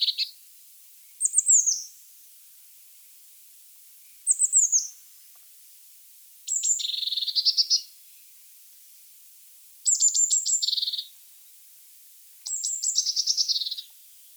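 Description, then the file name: Eurasian blue tit calls: high, thin descending notes, then longer churring scold rattles, each led by high notes. "Cyanistes caeruleus"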